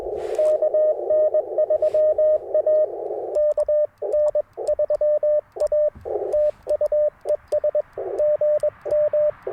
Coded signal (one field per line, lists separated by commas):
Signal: Morse code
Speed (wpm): 22 wpm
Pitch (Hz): 600 Hz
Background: radio noise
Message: KN3A KN3A TU ES GM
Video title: Morning Morse Code at Tuskegee National Forest K-4451 - 12/23/23